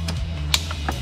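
A wiring quick connect plug for an under-bonnet dual battery kit on a 300 Series Landcruiser is pushed together into its mating socket after the cables have been clicked in. Over a steady low hum, a faint tick sounds at 0.1 s, then the plug snaps home with a sharp click at 0.5 s, followed by a softer tick at 0.9 s. The quick connect plug is seated.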